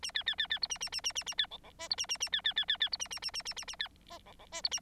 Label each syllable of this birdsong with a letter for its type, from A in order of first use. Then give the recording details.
A B B B B C A A A A A A B D D E C A A A B B B B B C A A A A A A A B F D D E C A. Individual Bird9